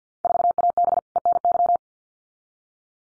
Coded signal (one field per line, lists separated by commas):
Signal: Morse code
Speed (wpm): 50 wpm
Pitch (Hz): 700 Hz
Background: none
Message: 4AB ENY